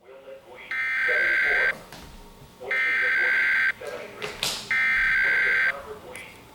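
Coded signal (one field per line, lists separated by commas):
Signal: Emergency Alert System (SAME) tones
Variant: header bursts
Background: speech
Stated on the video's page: National EAS test received on a weather radio tuned to 90.1 FM; the National Weather Service did not forward the alert to weather radio frequencies.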